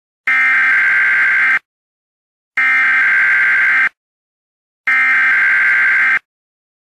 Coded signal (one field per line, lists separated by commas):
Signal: Emergency Alert System (SAME) tones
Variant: header bursts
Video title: EAS ALERT: CRAZY PENGUIN VIRUS WARNING